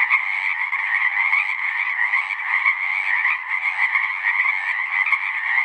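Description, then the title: Pacific chorus frogs calling together, overlapping rasping notes keeping up a constant, busy chorus. Full chorus recorded after dusk; males giving the advertisement call, a distinct kree-eeck or ribbit, to attract females. "Chorus Frogs, Full Chorus, post-dusk"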